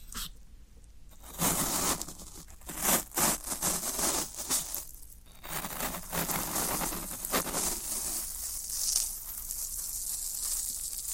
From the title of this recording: Floral Foam Sounds